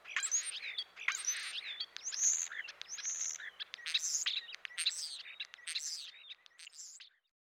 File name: dan-gibsons-solitudes european-starling